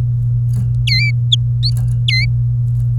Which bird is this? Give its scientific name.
Serinus canaria